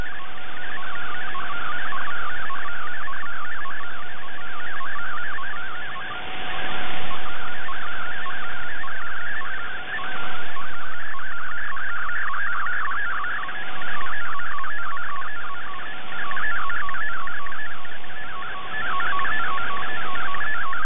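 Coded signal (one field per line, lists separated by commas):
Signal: multi-tone FSK (Olivia or MFSK type)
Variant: MFSK64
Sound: rapid warbling single tone jumping between pitches, continuous, with a steady low whistle underneath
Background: shortwave static, fading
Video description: In this video it is MFSK64 for the image and MFSK32 for the concluding text after the image.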